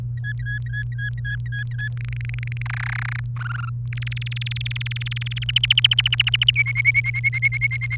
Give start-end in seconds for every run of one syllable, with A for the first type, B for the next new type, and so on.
0.18-1.89 A, 1.97-2.62 B, 2.66-3.20 C, 3.36-3.69 D, 3.93-5.38 E, 5.42-6.51 F, 6.56-7.96 G